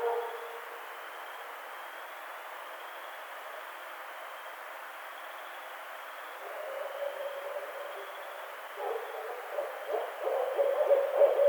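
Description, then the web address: Barred owl: a brief call, then a long quiet stretch, then low hooting notes building in strength and becoming more excited toward the end, over faint background hiss. Recorded 23 April 2009. "Barred Owl 2009 04 23 Barred Owl"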